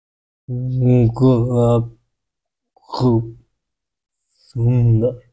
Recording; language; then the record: elicited speech; Bengali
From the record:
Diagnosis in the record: Broca's or global aphasia after a stroke